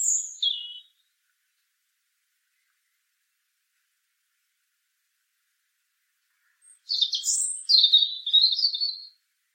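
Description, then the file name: European robin giving a brief high twittering fragment, then a long silence before a tumbling, high-pitched warbled phrase with quick slurred notes. "Erithacus rubecula"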